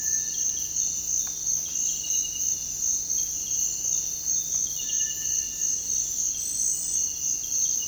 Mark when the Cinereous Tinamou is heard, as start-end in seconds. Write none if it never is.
0.00-0.53, 4.79-5.88